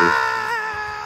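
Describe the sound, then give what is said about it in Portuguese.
A voice imitates the sun screaming as it rises: one loud, sustained, high-pitched cry held steadily for about a second, with a slight wobble in pitch midway. “E passa o dia todo gritando assim.”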